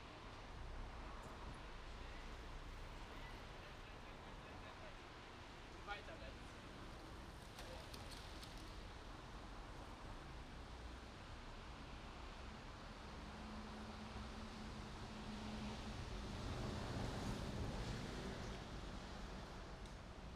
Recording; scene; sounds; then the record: everyday scene through a hearing-aid microphone; in traffic; traffic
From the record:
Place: main road on the outskirts, rush hour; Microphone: in the ear canal, right